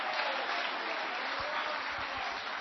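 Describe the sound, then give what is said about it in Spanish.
A crowd claps steadily for the 'King of Kings', a dense wash of many hands applauding together at an even loudness, with no voices rising above it. “Denle palmas al Rey de Reyes.”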